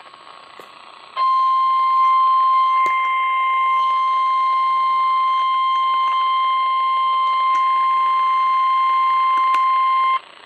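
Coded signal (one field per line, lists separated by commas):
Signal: Emergency Alert System (SAME) tones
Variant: 1050 Hz attention tone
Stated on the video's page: Severe thunderstorm alerts on NOAA Weather Radio for Charleston, South Carolina.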